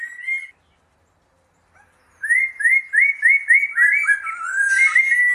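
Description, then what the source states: Bird whistling a short note, pausing, then delivering a fast repeated series of rising whistled slurs that blends into warbling and a buzzy ending. Birdsong used as a masteran for training songbirds.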